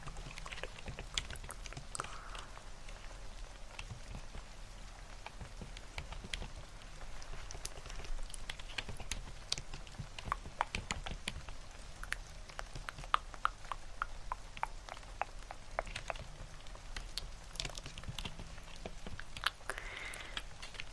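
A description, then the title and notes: Rain patters steadily throughout, a dense bed of soft drops with frequent sharper ticks and taps scattered across the whole clip. Brief clicky bursts and faint breathy mouth sounds rise now and then, layered over a low, constant hum underneath. ASMR Hand Movements + Layered Sounds (TkTk, Rain Sounds, Keyboard Typing).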